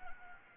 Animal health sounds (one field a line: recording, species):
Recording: mosquito wingbeat signal from an infrared sensor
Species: Anopheles arabiensis